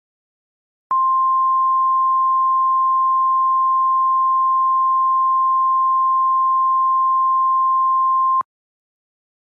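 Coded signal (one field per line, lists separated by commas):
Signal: Emergency Alert System (SAME) tones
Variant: 1050 Hz attention tone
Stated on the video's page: Fictional EAS scenario.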